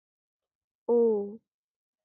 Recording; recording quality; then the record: sustained vowel as in boot; excellent, no background noise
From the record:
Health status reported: respiratory illness, not identified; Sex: female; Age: 24 years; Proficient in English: yes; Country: India